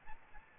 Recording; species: mosquito wingbeat signal from an infrared sensor; Aedes albopictus